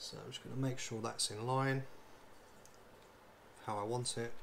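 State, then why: Not seated. Component B is lined up over the hole on the knee assembly of a Terminator model before being pushed on, while someone talks. A faint short tap is heard at about 2.6 seconds during a quiet gap, but nothing has seated or clicked yet.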